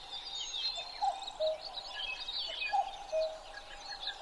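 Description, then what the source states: Common cuckoo, two cuck-oo calls of a higher then lower note, with a dense chorus of small birds singing higher up. Recorded 12 June 2011 at 03:53.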